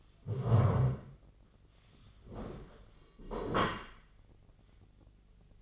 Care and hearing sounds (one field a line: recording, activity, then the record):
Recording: daily activity, microphone in the room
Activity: stand up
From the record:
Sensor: 4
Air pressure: 1013.0 hPa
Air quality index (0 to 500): 169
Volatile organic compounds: 2 ppm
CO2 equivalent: 1072 ppm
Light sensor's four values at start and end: 52/127/54/58 and 51/127/53/57